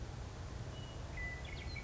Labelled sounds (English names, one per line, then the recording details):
Western Meadowlark
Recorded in Sonoma County, California